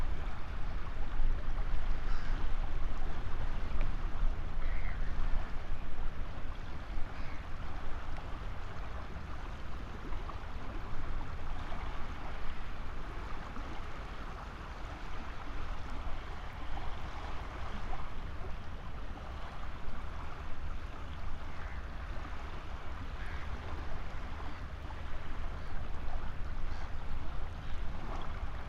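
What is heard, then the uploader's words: A passing ship on a bleak estuary gives a steady, dense low rumble with water noise, easing slightly mid-clip before building again. Estuary bleak passing ship. This is the very last segment of an amazing overnight recording the Lento box captured several years ago from the seawall just east of Burnham-on-Crouch.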